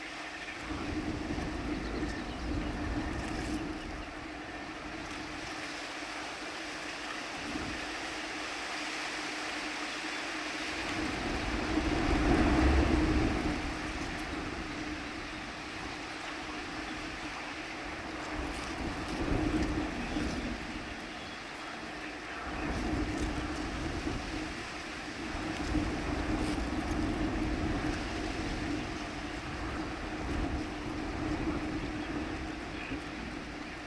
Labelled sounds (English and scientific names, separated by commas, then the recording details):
Little Crake (Porzana parva) song
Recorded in the wild
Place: Breitenbrunn, AT
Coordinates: 47.9472, 16.7228
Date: 1972-05-10
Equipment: Uher Report 4200, AKG D190C in Doppel-Parabolreflektor
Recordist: Krey, Winfried